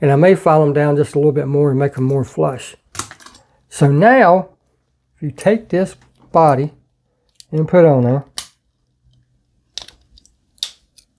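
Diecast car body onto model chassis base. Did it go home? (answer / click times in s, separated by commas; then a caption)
yes / 9.8 s, 10.6 s. A diecast model car body, a custom 1967 Camaro, is pressed onto its base after its tabs were cut down, while someone talks. Two sharp snaps at 9.8 s and 10.6 s mark the body seating front and back, snapping right in place.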